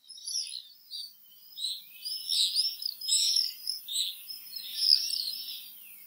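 Common swift calls: a series of high, harsh twittering screams, uneven and overlapping, rising and falling in loudness.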